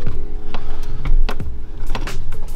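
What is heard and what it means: The quick-connect clip on a UPR dual-valve catch can hose, routed under the tensioner pulley of a 2015-2023 Mustang EcoBoost, is pulled and pushed by hand onto the plastic intake manifold port. Several short knocks and clicks sound through the clip, with the loudest, sharpest click at 1.3 s. The connector seats onto the port without needing a screwdriver.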